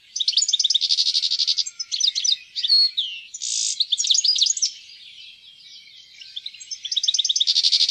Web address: fuglelyder- stilits